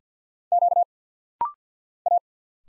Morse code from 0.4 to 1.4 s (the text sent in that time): Q